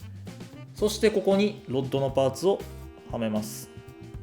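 While building a Revell plastic model kit of the Big Boy steam locomotive, a plastic side rod part is handled and pressed toward the driving wheel pins as someone talks over background music. A soft handling sound is heard around 0.3 s, but nothing has seated or clicked yet.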